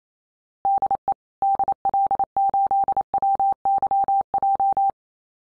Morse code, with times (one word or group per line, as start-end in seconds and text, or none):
0.7-1.1 DE
1.4-4.9 DL8WYJ